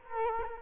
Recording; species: mosquito wingbeat signal from an infrared sensor; Culex quinquefasciatus